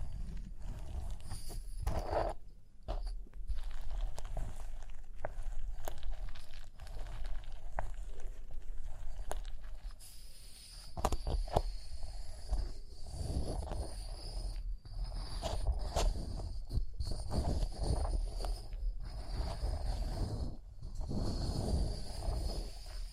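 Rhinestones are tapped, scratched and brushed in a dense, uneven stream of small clicks and scrapes, with a few sharper taps standing out. A low rumbling runs underneath throughout, and a thin, steady high whine persists in the background.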